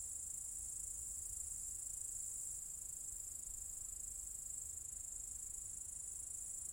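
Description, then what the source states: Cicadas produce an unbroken, shrill, hissing drone, very even in pitch and volume from start to finish. Several cicadas in an apple tree orchard at Zalensų Sodybos, Lithuania, on 23 August 2015.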